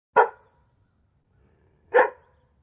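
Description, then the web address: Dog barking, two short sharp barks a little under two seconds apart, each a single loud woof, with near silence between them. Three barks. "SFXSource AOS Dog 3 Brks. dog barks 3 times"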